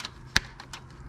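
A fuel pump component on a 2007 Toyota Camry is pushed into the fuel pump/filter assembly after being fed through. One sharp, bright click at 0.4 s stands out above a few faint taps and shuffles, and the part is confirmed snapped into place.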